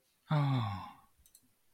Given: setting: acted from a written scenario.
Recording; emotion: vocal sound without words; adoration